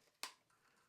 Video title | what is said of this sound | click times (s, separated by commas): Brightin Star 85mm f/1.8 Prime Lens for Nikon Z Full Frame Review with Street Photography | Oh, that clicks into place nicely. | 0.2 s